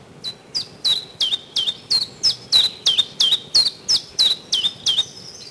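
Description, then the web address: Chiffchaff song of about fifteen bright, evenly spaced notes that alternate up and down in pitch, delivered at a brisk, regular tempo. Recorded in spring. "vremena vesna 11 penochka-tinkovka"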